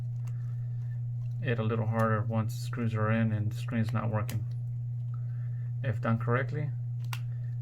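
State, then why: Seated. Someone talks while the screen flex connector of a Samsung Galaxy A30 is pressed onto the phone mainboard, before the screws go back in, so the phone can be power-on tested. A steady low hum runs underneath, faint ticks are heard at 0.3 s, 5.1 s and 7.1 s, then a sharp click at 7.1 s as the connector snaps into place and is seated.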